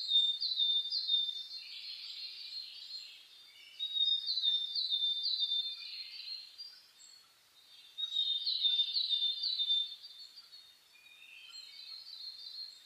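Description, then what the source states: Birds in a dawn chorus, many high chirping and trilling songs overlapping, swelling in bursts around the first, fourth and eighth seconds. Dawn chorus (reimei) of birdsong (saezuri), recorded 10 May 2010 at 04:01.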